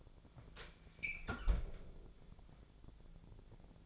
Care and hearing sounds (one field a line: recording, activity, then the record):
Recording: daily activity, microphone in the room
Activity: close fridge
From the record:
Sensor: 5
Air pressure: 1000.1 hPa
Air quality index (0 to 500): 108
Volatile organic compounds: 1 ppm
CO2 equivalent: 872 ppm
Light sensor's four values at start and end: 188/448/189/206 and 185/441/186/203